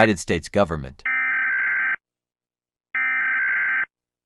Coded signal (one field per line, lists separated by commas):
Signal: Emergency Alert System (SAME) tones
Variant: header bursts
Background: speech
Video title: EAS Scenario: BABFT Incident (Part 1)